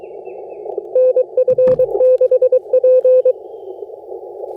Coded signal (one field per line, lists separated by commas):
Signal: Morse code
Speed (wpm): 20 wpm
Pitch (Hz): 510 Hz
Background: none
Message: NF6P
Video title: FT8 POTA Field Setup with some slow CW IC-705 Digital Mode Activation Ham Radio Vertical Antenna